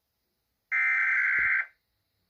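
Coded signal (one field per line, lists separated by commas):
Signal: Emergency Alert System (SAME) tones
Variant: header bursts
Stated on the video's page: Fictional EAS scenario, simulated alert.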